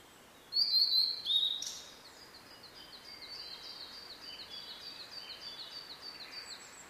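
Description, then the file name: Blue-and-white flycatcher: two loud high whistled notes near the start, then a faint series of repeated thin notes continuing to the end. "oruri"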